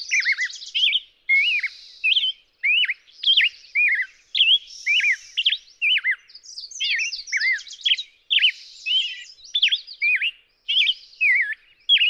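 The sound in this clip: Black-headed grosbeak singing a fast, warbled stream of sweet, swooping whistles broken by brief buzzy phrases, carrying on steadily throughout.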